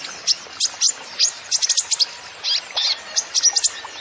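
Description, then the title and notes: Van Hasselt's sunbird giving rapid, high-pitched chirps and clipped slurred notes in an uneven stream, with a steady hiss underneath. Bird in full song with fill-in phrases (isian) and bursts (tembakan); used to lure and train songbirds. "MASTERAN KOLIBRI NINJA FULL ISIAN DAN TEMBAKAN PANCINGAN. Suara Burung Kolibri Ninja Gacor"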